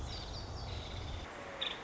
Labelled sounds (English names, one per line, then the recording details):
Nuttall's Woodpecker
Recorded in Sonoma County, California